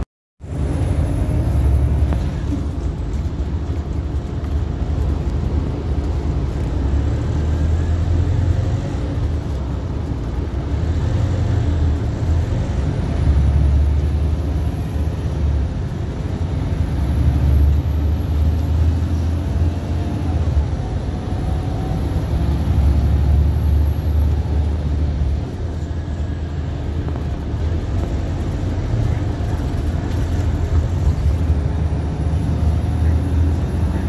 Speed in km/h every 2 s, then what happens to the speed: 19, 15, 6, 13, 18, 21, 26, 37, 39, 45, 45, 58, 53, 40, 39, 40, 40.
0-5 slows to 6. 5-18 speeds up to 45. 18-24 steady at about 45. 24-27 brakes to 39.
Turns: 0-4, 6-13, 29-34.